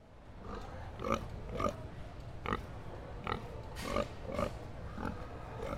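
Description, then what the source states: Pig giving short nasal grunts and oinks, about one every half second to a second, over low rumbling background noise. At a state fair.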